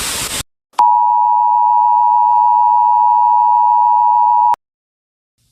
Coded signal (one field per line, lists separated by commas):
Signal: Emergency Alert System (SAME) tones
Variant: 853 and 960 Hz attention tone